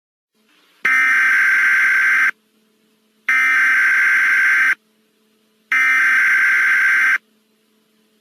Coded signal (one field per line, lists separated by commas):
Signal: Emergency Alert System (SAME) tones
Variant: header bursts